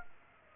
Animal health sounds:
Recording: mosquito wingbeat signal from an infrared sensor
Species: Culex pipiens

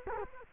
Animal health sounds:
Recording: mosquito wingbeat signal from an infrared sensor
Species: Culex quinquefasciatus

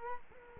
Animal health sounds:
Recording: mosquito wingbeat signal from an infrared sensor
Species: Culex quinquefasciatus

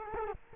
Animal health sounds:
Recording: mosquito wingbeat signal from an infrared sensor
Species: Culex quinquefasciatus

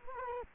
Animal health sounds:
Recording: mosquito wingbeat signal from an infrared sensor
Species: Culex quinquefasciatus

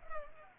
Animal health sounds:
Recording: mosquito wingbeat signal from an infrared sensor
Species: Culex pipiens

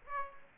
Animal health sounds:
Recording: mosquito wingbeat signal from an infrared sensor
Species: Aedes aegypti

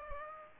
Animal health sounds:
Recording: mosquito wingbeat signal from an infrared sensor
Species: Aedes aegypti

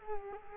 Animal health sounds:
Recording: mosquito wingbeat signal from an infrared sensor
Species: Culex quinquefasciatus

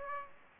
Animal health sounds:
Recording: mosquito wingbeat signal from an infrared sensor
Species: Aedes aegypti

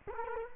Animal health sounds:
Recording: mosquito wingbeat signal from an infrared sensor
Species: Culex quinquefasciatus

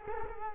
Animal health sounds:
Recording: mosquito wingbeat signal from an infrared sensor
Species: Culex quinquefasciatus

